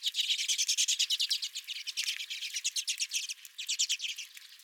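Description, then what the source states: Redpolls in a flock chattering rapidly, with quick, dry twittering notes overlapping almost without a break. Redpolls calling at the recordist's feeder.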